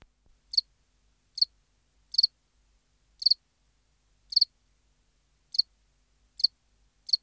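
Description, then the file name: House cricket calling with brief high chirps at uneven intervals, some doubled into quick pairs, eight chirp bursts over a quiet background. "Acheta domesticus"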